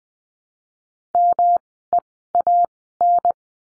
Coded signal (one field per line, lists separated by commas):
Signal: Morse code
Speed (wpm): 20 wpm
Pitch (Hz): 700 Hz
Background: none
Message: MEAN